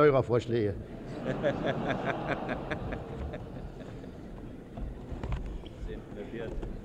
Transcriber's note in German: Lachen im Publikum